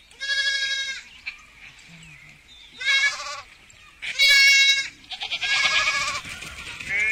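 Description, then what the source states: Sheep bleating: several rich, wavering bleats about a second long with gaps between, and a harsher, noisier bleat near the end. Processed as 3D audio, meant for headphone listening.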